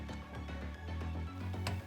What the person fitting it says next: That click lets us know that is the recommended amount of torque that we want to put down the bolt.